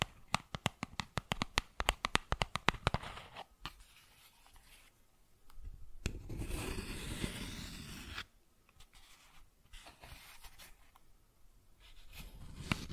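Cardboard is worked by hand: a quick run of sharp scratchy ticks fills the first three seconds, then fades to sparse, soft scrapes. From about six to eight seconds comes a dense, rough tearing rasp, followed by quieter scattered scratches and a rising rub at the end.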